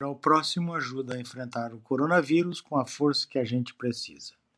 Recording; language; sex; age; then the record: spoken sentence; Brazilian Portuguese; male; 60 to 69 years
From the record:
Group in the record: control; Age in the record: 62 years